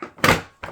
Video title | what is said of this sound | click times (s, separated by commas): babylo Racing Car Walker Assembly | like that so it's clicked into place | 0.2 s